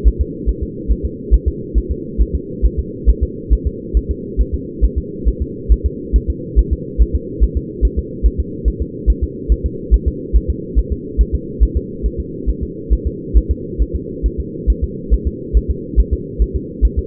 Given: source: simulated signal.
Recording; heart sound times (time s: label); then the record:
fetal heart sounds
0.08 s: S1
0.21 s: S2
0.49 s: S1
0.63 s: S2
0.92 s: S1
1.05 s: S2
1.34 s: S1
1.48 s: S2
1.78 s: S1
1.92 s: S2
2.22 s: S1
2.35 s: S2
2.66 s: S1
2.79 s: S2
3.09 s: S1
3.23 s: S2
3.53 s: S1
3.67 s: S2
3.97 s: S1
4.11 s: S2
4.41 s: S1
4.55 s: S2
4.84 s: S1
4.98 s: S2
5.28 s: S1
5.42 s: S2
5.72 s: S1
5.86 s: S2
6.16 s: S1
6.30 s: S2
6.59 s: S1
6.73 s: S2
7.02 s: S1
7.16 s: S2
7.43 s: S1
7.57 s: S2
7.85 s: S1
7.99 s: S2
8.26 s: S1
8.40 s: S2
8.68 s: S1
8.82 s: S2
9.10 s: S1
9.24 s: S2
9.52 s: S1
9.66 s: S2
9.94 s: S1
10.08 s: S2
10.36 s: S1
10.50 s: S2
10.78 s: S1
10.92 s: S2
11.21 s: S1
11.35 s: S2
11.63 s: S1
11.77 s: S2
12.06 s: S1
12.20 s: S2
12.49 s: S1
12.63 s: S2
12.93 s: S1
13.07 s: S2
13.37 s: S1
13.51 s: S2
13.82 s: S1
13.95 s: S2
14.26 s: S1
14.40 s: S2
14.70 s: S1
14.84 s: S2
15.13 s: S1
15.27 s: S2
15.57 s: S1
15.71 s: S2
16.00 s: S1
16.13 s: S2
16.42 s: S1
16.56 s: S2
16.85 s: S1
16.99 s: S2
From the record:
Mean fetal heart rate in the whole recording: 140 bpm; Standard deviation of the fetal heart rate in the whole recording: 2 bpm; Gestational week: 34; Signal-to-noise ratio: -4.1 dB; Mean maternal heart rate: no maternal heart sound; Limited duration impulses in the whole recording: absent